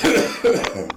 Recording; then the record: coughing mixed with background sound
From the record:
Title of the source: Spring Cold Coughing 3